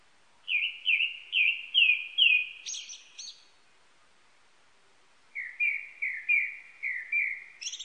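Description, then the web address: Japanese thrush singing a phrase of five repeated whistled notes ending in higher thin notes, a pause, then another series of repeated whistles. Recorded 19 April 1998. "1998 980419 kurotugumi"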